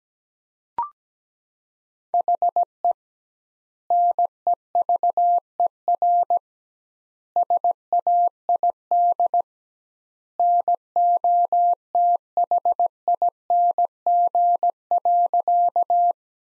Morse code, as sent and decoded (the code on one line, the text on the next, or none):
.... . / -. . ...- . .-. / ... .- .. -.. / -. --- - .... .. -. --. .-.-.-
HE NEVER SAID NOTHING.